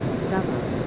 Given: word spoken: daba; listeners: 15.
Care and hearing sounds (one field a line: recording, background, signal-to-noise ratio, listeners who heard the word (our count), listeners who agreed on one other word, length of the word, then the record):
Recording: one Spanish word in noise, from a listening test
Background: speech-shaped noise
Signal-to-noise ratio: -4.6 dB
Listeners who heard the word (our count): 1 of 15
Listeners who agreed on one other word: 6 of 15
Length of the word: 0.47 s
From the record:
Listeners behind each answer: 6, 2, 2, 1, 1, 1, 1, 1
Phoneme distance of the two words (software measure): 20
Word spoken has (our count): 2 syllables, 4 phonemes, stress on syllable 1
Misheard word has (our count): 2 syllables, 4 phonemes, stress on syllable 1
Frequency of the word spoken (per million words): 85.84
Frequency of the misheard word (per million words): 13.43